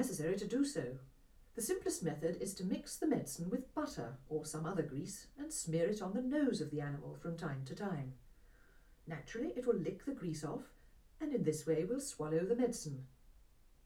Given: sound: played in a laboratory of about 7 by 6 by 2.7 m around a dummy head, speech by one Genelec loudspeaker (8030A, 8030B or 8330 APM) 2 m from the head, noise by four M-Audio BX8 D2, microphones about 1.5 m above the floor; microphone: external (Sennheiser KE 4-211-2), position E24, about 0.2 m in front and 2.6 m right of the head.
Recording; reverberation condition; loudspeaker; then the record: female speech in English; low; 60 degrees to the left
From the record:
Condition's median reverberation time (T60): about 310 ms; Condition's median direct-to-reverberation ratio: about 3.5 dB